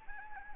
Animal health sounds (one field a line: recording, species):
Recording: mosquito wingbeat signal from an infrared sensor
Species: Anopheles arabiensis